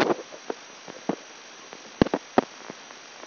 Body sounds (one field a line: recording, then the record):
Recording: brain microelectrode recording played as sound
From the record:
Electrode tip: outside the subthalamic nucleus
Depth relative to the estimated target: -6 mm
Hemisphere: left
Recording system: AlphaMap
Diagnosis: Parkinson's disease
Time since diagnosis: 10 years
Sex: male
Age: 58 years